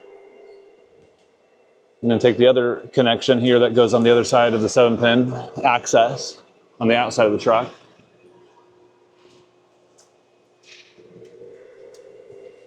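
A plastic wiring harness connector for the 7-pin side of a Toyota Tacoma is picked up and positioned, ready to go into the harness plug of a REDARC Tow-Pro Link trailer brake controller. A man talks from about 2.0 to 7.7 s over a low steady hum, with faint handling noises afterward. The connector has not clicked or seated yet.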